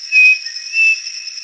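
Bird call: two short pure whistled notes about half a second apart, over a steady high-pitched continuous tone.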